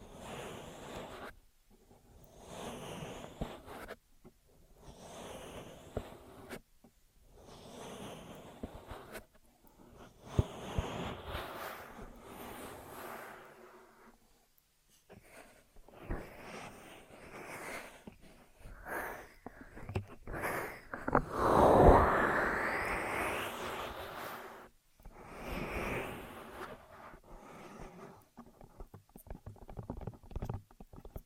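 Ear massage and cleaning sounds: soft rubbing and rustling bursts with short pauses, growing louder and denser around 21 to 23 seconds.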